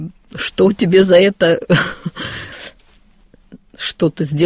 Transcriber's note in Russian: Смеется